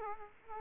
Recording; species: mosquito wingbeat signal from an infrared sensor; Aedes aegypti